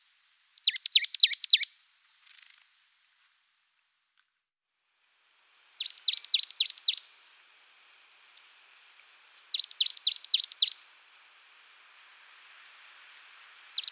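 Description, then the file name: Marsh tit giving high, sharp repeated notes in quick chattering phrases of about a second each, three phrases spaced a few seconds apart and a fourth starting at the very end, in otherwise quiet surroundings. "parus palustris"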